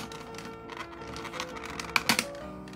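A hand reaches behind a car's side-mirror glass plate and pulls it off its plastic clips in the mirror housing, with several sharp plastic snaps heard over steady background music. The main snap at 2.0 s releases the glass, followed by further snaps around 2.1 and 2.2 s. The glass comes free, showing that this car has two clips at the bottom.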